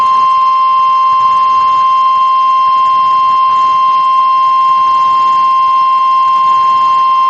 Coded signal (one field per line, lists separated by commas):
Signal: Emergency Alert System (SAME) tones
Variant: 1050 Hz attention tone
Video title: NOAA Weather Radio · WXJ96 Monroe, Louisiana · EAS #3 · Severe Thunderstorm Warning · 12/28/24